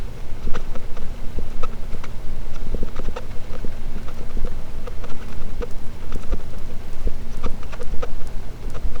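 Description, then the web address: Sperm whale clicks, scattered crisp pulses with varied spacing, some stronger clicks in bursts, above a continuous low rumble. Clean audio, labelled as a positive sperm whale detection. "Pm BP Physeter Macrocephalus clean cachalot positif"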